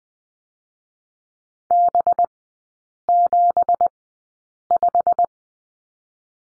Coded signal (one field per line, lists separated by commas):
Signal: Morse code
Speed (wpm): 20 wpm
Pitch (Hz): 700 Hz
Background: none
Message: B75